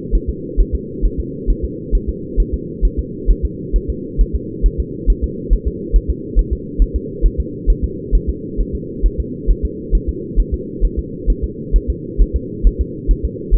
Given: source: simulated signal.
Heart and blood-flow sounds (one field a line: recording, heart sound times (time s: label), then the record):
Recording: fetal heart sounds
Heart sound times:
0.15 s: S1
0.29 s: S2
0.61 s: S1
0.75 s: S2
1.06 s: S1
1.20 s: S2
1.50 s: S1
1.64 s: S2
1.95 s: S1
2.09 s: S2
2.40 s: S1
2.54 s: S2
2.85 s: S1
2.99 s: S2
3.31 s: S1
3.45 s: S2
3.76 s: S1
3.90 s: S2
4.21 s: S1
4.35 s: S2
4.66 s: S1
4.80 s: S2
5.10 s: S1
5.24 s: S2
5.53 s: S1
5.67 s: S2
5.96 s: S1
6.10 s: S2
6.39 s: S1
6.53 s: S2
6.82 s: S1
6.96 s: S2
7.26 s: S1
7.40 s: S2
7.70 s: S1
7.84 s: S2
8.15 s: S1
8.29 s: S2
8.61 s: S1
8.75 s: S2
9.06 s: S1
9.20 s: S2
9.51 s: S1
9.65 s: S2
9.95 s: S1
10.09 s: S2
10.40 s: S1
10.54 s: S2
10.85 s: S1
10.99 s: S2
11.30 s: S1
11.44 s: S2
11.76 s: S1
11.90 s: S2
12.22 s: S1
12.36 s: S2
12.67 s: S1
12.81 s: S2
13.11 s: S1
13.25 s: S2
13.55 s: S1
From the record:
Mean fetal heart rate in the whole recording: 135 bpm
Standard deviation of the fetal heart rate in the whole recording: 3 bpm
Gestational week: 36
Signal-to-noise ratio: -4.1 dB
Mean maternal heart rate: no maternal heart sound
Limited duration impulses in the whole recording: absent